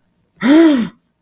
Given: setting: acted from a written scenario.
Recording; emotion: vocal sound without words; fear